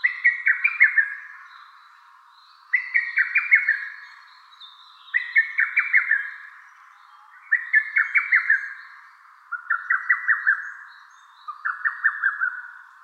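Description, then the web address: Lesser cuckoo song: a quick, staccato phrase of five or six sharp whistled notes that drop in pitch, given six times at roughly two-second intervals. Recorded on 11 May 2015. "birdenaga hototogisu"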